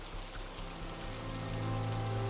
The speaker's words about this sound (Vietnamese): Trời vẫn mưa không ngớt, một tiếng sét vang lên đánh thẳng xuống chỗ của họ.